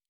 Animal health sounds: hydrophone in a shrimp aquaculture tank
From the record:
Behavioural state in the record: normal

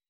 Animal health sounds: hydrophone in a shrimp aquaculture tank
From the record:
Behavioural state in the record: weakened

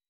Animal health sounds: hydrophone in a shrimp aquaculture tank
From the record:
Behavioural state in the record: weakened

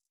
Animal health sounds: hydrophone in a shrimp aquaculture tank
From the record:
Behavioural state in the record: stressed

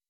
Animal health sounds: hydrophone in a shrimp aquaculture tank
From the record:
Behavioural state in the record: weakened

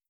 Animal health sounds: hydrophone in a shrimp aquaculture tank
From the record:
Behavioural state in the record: starved

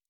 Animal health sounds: hydrophone in a shrimp aquaculture tank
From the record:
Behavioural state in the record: normal

